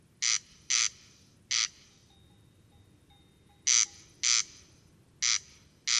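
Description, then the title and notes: Corn crake rasping pairs of notes, a pause with a faint thin tone, then the double rasps resume. Single singing bird near a peat bog at Col Bayard, Hautes-Alpes, 12 July 2018, evening; sang continuously from 23:00 until dawn; recorded with Nagra Seven and Telinga Pro7. "Observation sonore - Le Râle des genêts. 12 juillet 2018-Col Bayard - Hautes Alpes. Râle des genêts ( Crex crex)"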